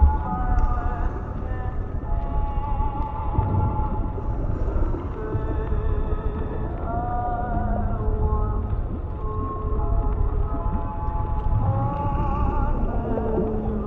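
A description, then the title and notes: Oldies music plays underwater, heard as muffled, wavering sustained notes that shift pitch every second or so with nothing bright on top. A thick, steady low rumble runs underneath throughout, and the overall loudness stays even for the whole stretch. Oldies music playing underwater in City.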